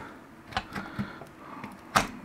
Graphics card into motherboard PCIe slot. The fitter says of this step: we got a nice solid click to confirm it's in its place then we're going to take our screws again